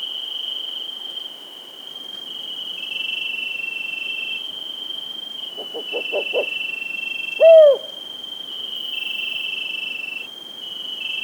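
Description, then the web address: Rufous-banded owl hooting: a few quick soft hoots, then one louder, drawn-out arched hoot about a second later, over a steady high-pitched whine throughout. Recorded in South America. "Natures Songs S America Rufous-Backed Owl"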